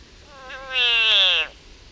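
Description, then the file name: Frog uttering one drawn-out, raspy scream, soft and rising at the start, then loud and level before tailing off lower. Frog in agony. "agony of a frog"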